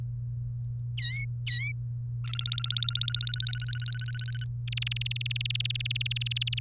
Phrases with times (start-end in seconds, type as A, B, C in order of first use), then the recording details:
0.97-1.72 A, 2.24-4.44 B, 4.67-6.59 C. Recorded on 1 May 2018 at 13:41. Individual llb3